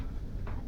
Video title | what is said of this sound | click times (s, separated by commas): 2 Pi-Swerl parts assembly and use | power connector clicks into place there and | 0.5 s